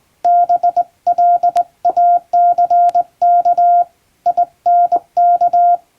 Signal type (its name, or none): Morse code